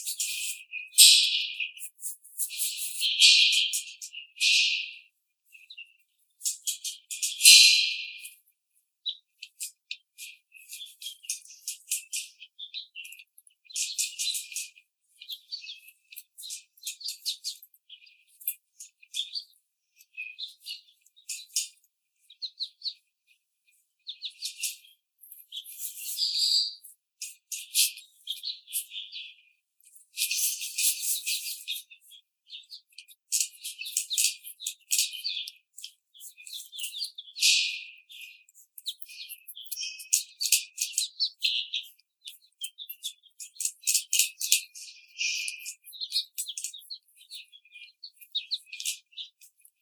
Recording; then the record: young laying hens in a cage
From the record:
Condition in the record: treatment cage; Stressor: simulated dog barking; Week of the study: 5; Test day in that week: 1